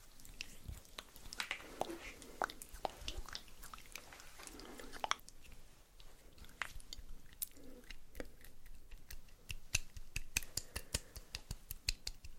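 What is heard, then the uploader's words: Makeup sounds with no talking: a steady run of sharp clicks and taps, coming faster and denser after the sixth second, over soft brushing and rustling. Quiet, low mouth-like noises sit underneath. ASMR Doing Your Makeup , Pure Sounds , No Talking.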